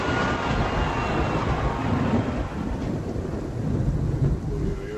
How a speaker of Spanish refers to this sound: ¿Y esos truenos?